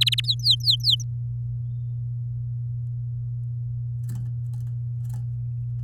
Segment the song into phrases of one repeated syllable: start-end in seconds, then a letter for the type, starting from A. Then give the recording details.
0.01-0.20 A, 0.24-1.02 B. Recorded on 8 May 2018 at 15:31. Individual llb16